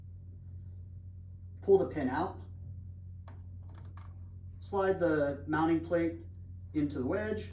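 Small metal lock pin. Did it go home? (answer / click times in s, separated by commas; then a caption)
no / none. The spring lock pin on a quick release mount is pulled out, and the mounting plate, whose hole lines up with the pin, is lined up before being slid into the wedge. Someone talks over a steady low hum, with a few faint short handling sounds around 3.3 to 4.1 seconds. Nothing has seated or clicked yet.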